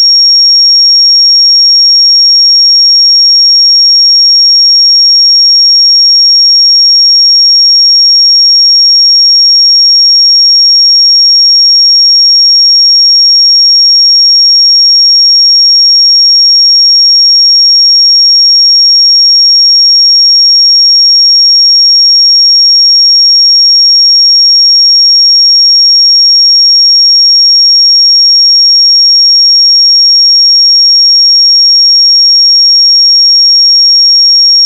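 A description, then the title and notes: A pure 5565 Hz sine tone holds perfectly steady and high-pitched for the whole clip, unchanging in loudness, with silence behind it. 5565 Hz 1 Hz Interval Sine Pure Tone Frequency 441000 Sample Mono.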